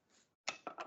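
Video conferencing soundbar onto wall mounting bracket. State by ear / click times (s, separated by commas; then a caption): seated / 0.5 s, 0.7 s. A video-conferencing soundbar is lifted back up onto its wall-mounted bracket, with a faint soft rustle, then silence. Sharp clicks follow at 0.5 s and 0.7 s, with a further knock around 0.8 s. The soundbar clicks into place and hangs off the wall.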